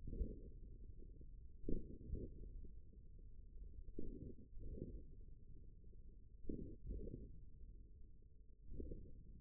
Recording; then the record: forearm muscle sounds (acoustic myography)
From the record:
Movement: hook grip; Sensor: system 1, eight BSWA MPA416 microphones around the upper forearm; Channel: 3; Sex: male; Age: 41 years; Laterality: right